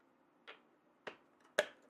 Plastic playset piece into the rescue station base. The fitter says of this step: go like that right snaps into place